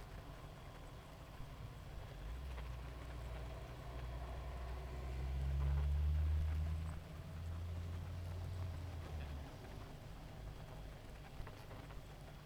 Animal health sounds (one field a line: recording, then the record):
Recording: honeybee colony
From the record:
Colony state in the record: active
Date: 28 July 2017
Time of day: 1:59